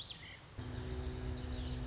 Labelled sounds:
Lazuli Bunting
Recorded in Sonoma County, California

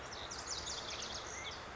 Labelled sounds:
Lazuli Bunting
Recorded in Sonoma County, California

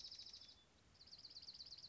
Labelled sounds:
Dark-eyed Junco
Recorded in Sonoma County, California

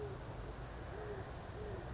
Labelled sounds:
Great Horned Owl
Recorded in Sonoma County, California

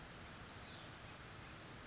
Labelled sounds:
California Towhee
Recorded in Sonoma County, California

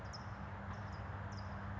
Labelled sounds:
California Towhee
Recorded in Sonoma County, California

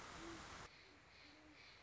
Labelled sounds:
Great Horned Owl
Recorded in Sonoma County, California

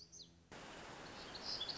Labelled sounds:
Black-throated Gray Warbler
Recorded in Sonoma County, California

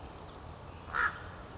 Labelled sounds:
Western Flycatcher
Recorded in Sonoma County, California

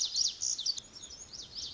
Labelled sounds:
Lazuli Bunting
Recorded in Sonoma County, California

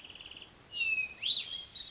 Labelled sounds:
Hermit Thrush
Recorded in Sonoma County, California

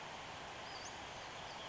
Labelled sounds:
Western Flycatcher
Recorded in Sonoma County, California

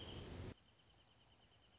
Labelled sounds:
Wrentit
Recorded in Sonoma County, California

